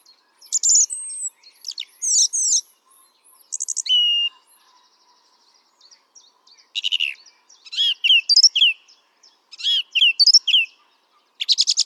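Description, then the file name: Song thrush singing varied phrases, clear whistles and sharp repeated notes, each motif given two or three times with brief gaps between. "Turdus philomelos"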